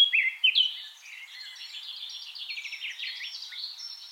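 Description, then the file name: Eurasian blackcap singing: a loud opening of clear whistled notes, then a softer, rapid scratchy warble running steadily to the end. "Sylvia atricapilla"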